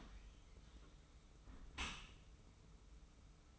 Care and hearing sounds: daily activity, microphone in the room; close dishwasher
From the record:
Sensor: 1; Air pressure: 991.3 hPa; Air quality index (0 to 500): 123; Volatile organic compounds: 244 ppm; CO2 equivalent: 4344 ppm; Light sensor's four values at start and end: 41/127/50/52 and 41/127/50/52

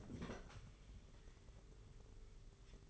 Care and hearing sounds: daily activity, microphone in the room; open fridge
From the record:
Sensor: 4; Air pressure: 991.8 hPa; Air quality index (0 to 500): 102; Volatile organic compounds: 13 ppm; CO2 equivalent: 2393 ppm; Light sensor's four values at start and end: 20/65/24/24 and 20/64/24/24

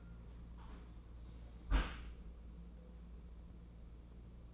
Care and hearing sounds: daily activity, microphone in the room; close dishwasher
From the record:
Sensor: 1

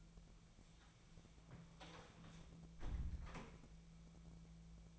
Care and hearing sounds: daily activity, microphone in the room; close door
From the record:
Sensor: 1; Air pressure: 1000.5 hPa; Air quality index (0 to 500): 184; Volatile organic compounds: 4 ppm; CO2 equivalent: 1704 ppm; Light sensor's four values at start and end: 12/28/12/13 and 11/27/11/13

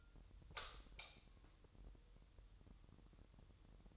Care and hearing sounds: daily activity, microphone in the room; light on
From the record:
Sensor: 3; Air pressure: 988.4 hPa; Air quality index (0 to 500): 191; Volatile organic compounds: 263 ppm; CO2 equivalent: 4395 ppm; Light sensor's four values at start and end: 8/19/8/8 and 11/28/11/11

